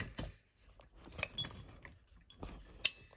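A UTG Overbore bipod mount is refitted to the TRS rail of an FX Impact MK2 rifle after a failed first attempt, with soft scraping and small metallic knocks as it is worked into place. A sharp, loud click at 2.9 s confirms the mount has seated in the rail.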